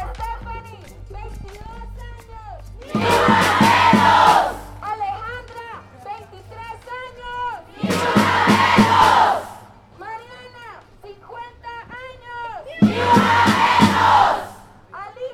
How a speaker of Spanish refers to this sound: Hoy, como ayer, como hace un mes, como hace un año, volvemos a tomar las calles para gritar en una sola voz, ¡basta ya! ¡Ni una menos! ¡Vivas nos queremos!